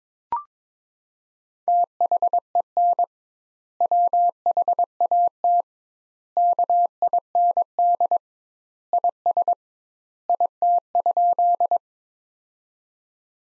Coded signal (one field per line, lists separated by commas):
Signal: Morse code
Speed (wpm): 22 wpm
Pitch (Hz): 700 Hz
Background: none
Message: THEN WHAT KIND IS IT?